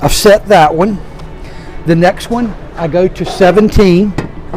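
A metal wire merchandising rod on a store shelf is being handled and moved toward the slot at position 17 on the shelving upright while someone talks. The clip ends before the rod goes in, and nothing has seated or clicked yet.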